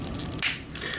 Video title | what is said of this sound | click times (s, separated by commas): Transformers Studio Series 81: Wheeljack | There we go, locked into place. | 0.4 s